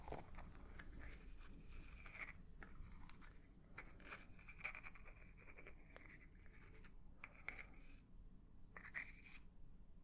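Brushing and tapping sounds, with a steady low rustle running under the whole ten seconds. Short crisp scrapes and clicks land irregularly, about one every second or two, some brighter and crinkly, at an even, moderate loudness throughout.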